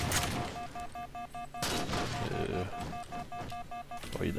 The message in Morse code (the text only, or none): none